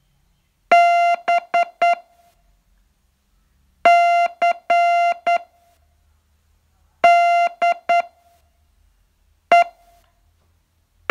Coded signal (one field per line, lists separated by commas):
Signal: Morse code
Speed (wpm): 9 wpm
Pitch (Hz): 690 Hz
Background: music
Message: B C D E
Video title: Learn Morse in 42 Days from VU2LAU - day 40